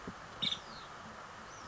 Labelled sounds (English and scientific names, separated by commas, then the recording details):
Nuttall's Woodpecker (Dryobates nuttallii)
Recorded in Sonoma County, California